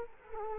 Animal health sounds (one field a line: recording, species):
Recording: mosquito wingbeat signal from an infrared sensor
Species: Culex quinquefasciatus